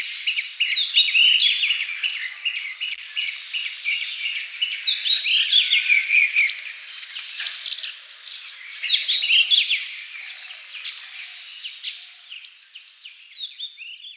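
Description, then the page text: Rosy minivet calls: busy high chirping and brief whistles, overlapping and coming in bursts, with a softer stretch toward the end. "Rosy Minivet Calls. Quick Sounds"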